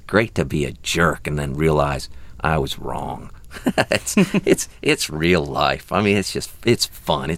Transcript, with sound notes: It's great to be a jerk and then realize I was wrong. (Soundbite of laughter) It's real life. I mean, it's just - it's fun.